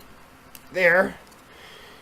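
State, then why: Seated. A tight-fitting plastic miniature leg is pressed into the model body, and a short, sharp tick at 0.6 s marks it snapping into place. Someone talks just after. The leg is seated.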